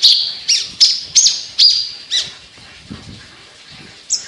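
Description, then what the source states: Javan bush lark song: a run of six sharp, high downslurred notes about every half second, then a pause and one final high note. Local name branjangan; described as gacor, meaning singing actively and persistently; song style or bird called Petir.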